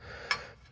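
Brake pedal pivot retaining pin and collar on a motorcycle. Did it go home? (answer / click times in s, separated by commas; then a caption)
released / 0.3 s. On an Indian Challenger motorcycle being fitted with an Indian Pursuit brake pedal, the snap-in retaining collar on the rear brake pedal pivot is pushed up with needle-nose pliers so the metal retaining pin comes out. Over a faint low background, a single sharp metallic hit at 0.3 s marks the pin popping out, then fades within about a quarter second. The pin is released.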